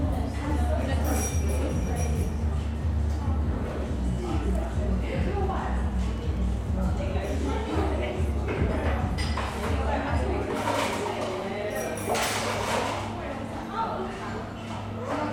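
Busy coffee shop ambience with a steady bed of overlapping chatter throughout. A low machine hum runs under the first ten seconds, then drops away, and bright clinks and clatters of cups pop up around 1, 6, 10 and 12 seconds.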